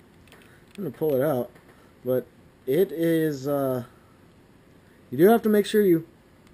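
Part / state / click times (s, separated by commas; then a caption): microphone plug into action camera port / not seated / none. Someone talks while handling an external microphone plug at the port of a Garmin Virb Elite action camera, with only faint brief ticks near 0.3 s and 6.5 s. The plug is not yet pushed home, and nothing has seated or clicked yet.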